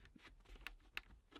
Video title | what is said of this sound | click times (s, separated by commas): How To Install A Exhaust Fan DIY | positive click so | 1.0 s